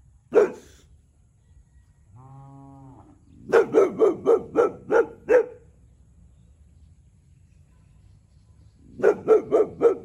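Boxer dog barking: one sharp bark, a brief low humming tone, a quick run of several barks, then four more barks near the end.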